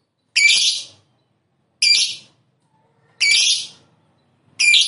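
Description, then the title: Lovebird squawking: four harsh, shrill, buzzy bursts, each about half a second long, repeated roughly every one and a half seconds, with silence between. "Suara Lovebird Ini"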